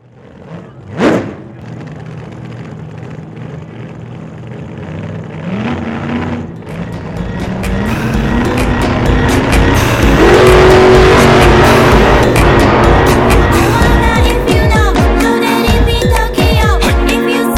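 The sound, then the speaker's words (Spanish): An old Datsun engine rumbles low after a sharp knock, then revs up in climbing surges and settles into a loud, steady driving roar with no voices. “yo te presto mi Datsun, pero aguas que es del año.”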